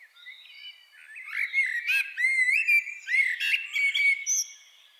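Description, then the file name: Common blackbird song of mellow, slurred whistles mixed with brief high squeaks, delivered as one continuous warbling phrase. "Turdus merula"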